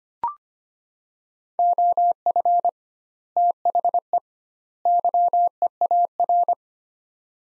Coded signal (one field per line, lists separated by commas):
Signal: Morse code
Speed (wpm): 25 wpm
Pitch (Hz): 700 Hz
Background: none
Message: OF THE YEAR